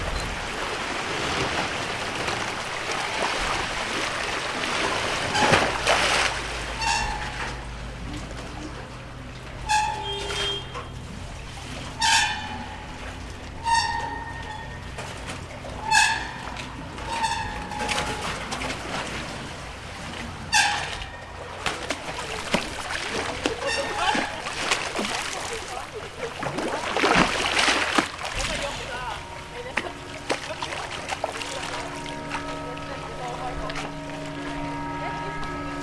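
Night on the canals of Venice: low boat engines hum steadily beneath quiet voices and lapping water. From about six to twenty-two seconds, bright clinking or ringing strikes repeat every second or two, and near twenty-eight seconds a louder splash or passing surge rises briefly.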